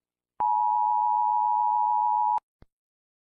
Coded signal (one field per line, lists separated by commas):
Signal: Emergency Alert System (SAME) tones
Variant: 853 and 960 Hz attention tone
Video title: Old EAS alarm around the world pt2￼